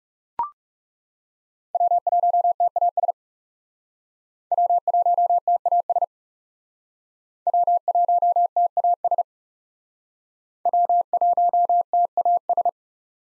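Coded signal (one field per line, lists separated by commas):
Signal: Morse code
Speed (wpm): 40 wpm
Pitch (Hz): 700 Hz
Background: none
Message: W1TAS W1TAS W1TAS W1TAS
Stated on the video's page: Morse practice of USA 1x3 call signs in speed-racing format, starting fast and slowing to a 30 wpm base speed; the final repeat is sent at maximum speed.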